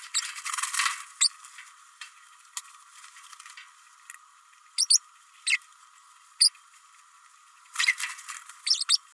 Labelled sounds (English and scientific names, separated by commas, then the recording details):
Green-rumped Parrotlet (Forpus passerinus) babbling
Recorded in a nest box in Venezuela
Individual 18B104A3